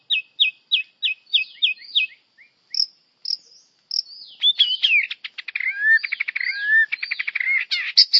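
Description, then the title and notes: White-rumped shama singing, opening with a run of six quick identical whistled notes, then a dense rapid stream of buzzy trills and mixed chattering phrases. Melodious song; champion bird. "Murai Juara. Suara burung murai merdu"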